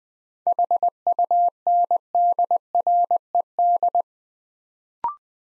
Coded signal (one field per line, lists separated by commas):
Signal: Morse code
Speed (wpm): 20 wpm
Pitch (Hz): 700 Hz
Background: none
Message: HUNDRED